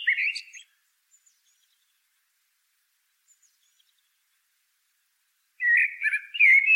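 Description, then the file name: Common blackbird fluted song fragments, a brief whistled burst at the start, then silence, then another warbled phrase near the end. "Turdus merula"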